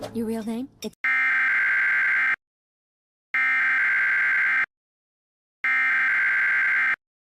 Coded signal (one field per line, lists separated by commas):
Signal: Emergency Alert System (SAME) tones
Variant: header bursts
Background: speech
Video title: EAS Scenarios: World War 3 Part 1